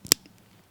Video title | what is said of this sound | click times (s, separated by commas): Kako aktivirati Nano Patch Pumpu (EasyPatch) | push down all the way until you hear a click | 0.1 s